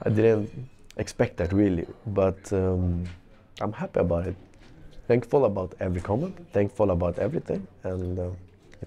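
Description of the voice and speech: Adult male footballer, Swedish, speaking English with a stammer that began at about age six: prolonged sounds and pauses within otherwise fluent phrases, at a low-pitched male voice.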